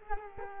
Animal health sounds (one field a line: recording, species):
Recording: mosquito wingbeat signal from an infrared sensor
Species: Culex quinquefasciatus